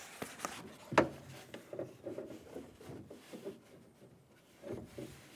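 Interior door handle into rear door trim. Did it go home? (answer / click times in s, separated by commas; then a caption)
yes / 1.0 s. A plastic interior door handle on a 2000-2007 Ford Focus is hinged into the back of its opening in the rear door trim, then swung forward against the door panel amid light rubbing and handling sounds, with a small tap at 0.5 s. It clicks into place at 1.0 s, seating in the door panel, followed by quieter scattered handling noises.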